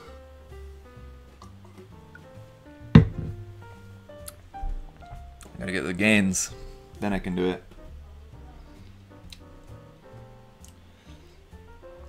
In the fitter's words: it's kind of like in but this part is not